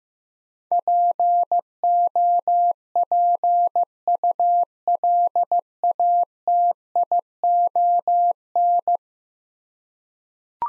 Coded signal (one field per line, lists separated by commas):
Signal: Morse code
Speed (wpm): 15 wpm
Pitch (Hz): 700 Hz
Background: none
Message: POPULATION